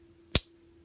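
The main blade of a vintage whaler jack knife is closed a second time into its handle, with no play in the blade. It snaps shut with a single crisp, bright click at 0.4 s over a low steady hum. The blade seats smoothly.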